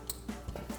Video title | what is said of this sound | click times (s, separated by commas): 2019-2024 RAM 1500 Barricade 3.50-Inch Oval Bull Bar with Skid Plate Review & Install | that in until you get a click, just like that. | 0.1 s